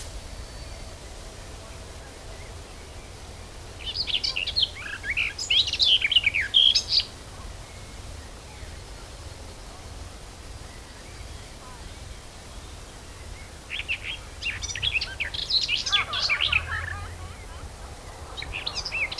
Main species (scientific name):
Sylvia borin